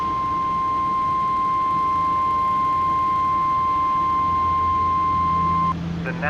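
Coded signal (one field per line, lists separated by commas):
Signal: Emergency Alert System (SAME) tones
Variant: 1050 Hz attention tone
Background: speech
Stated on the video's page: Fictional EAS scenario.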